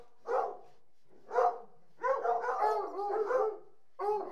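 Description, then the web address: Hunting hounds whining, short tonal whines at first, then several overlapping, wavering cries running together for over a second before a final whine. A pack of about 60 hunting hounds whining. "BBC Sound Effects Library. Hunting Hounds"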